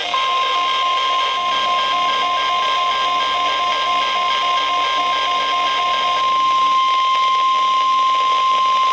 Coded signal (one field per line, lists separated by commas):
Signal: Emergency Alert System (SAME) tones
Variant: 1050 Hz attention tone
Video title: Flood Watch (EAS #343)